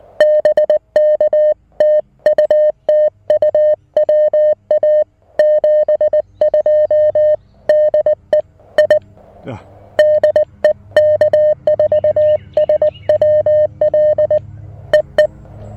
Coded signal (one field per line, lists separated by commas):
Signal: Morse code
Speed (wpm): 19 wpm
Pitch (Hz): 590 Hz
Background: music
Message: BK TU TU WA 72 DE I DE K4SWL EE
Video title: A Quick QRP POTA Activation with the Mountain Topper MTR-4B V2!